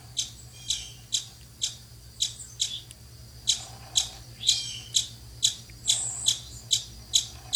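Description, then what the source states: Cliff chipmunk giving sharp, high chipping calls, roughly two per second in an uneven series, with a low steady hum beneath. Lives in cliff walls and boulder fields near pinyon and juniper woodlands of the United States and Mexico; active in early morning and late afternoon.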